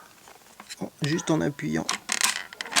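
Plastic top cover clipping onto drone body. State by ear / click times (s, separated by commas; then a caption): seated / 2.1 s, 2.4 s, 2.5 s, 2.6 s. The top plastic shell of a DJI Phantom camera drone is pressed down by hand so its plastic clips snap into the lower body while someone talks. Sharp clicks are heard at about 2.1, 2.4, 2.5 and 2.6 seconds as the clips seat and the cover snaps home.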